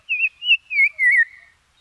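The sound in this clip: Black-crowned tchagra giving a series of four loud, slurred whistles that fall gradually in pitch, over a quiet background.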